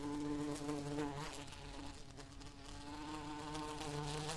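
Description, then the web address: Bee flight buzz, a continuous humming drone with rich harmonics, pitch dipping and rising gently as it moves. "el agradable sonido del vuelo de una abeja"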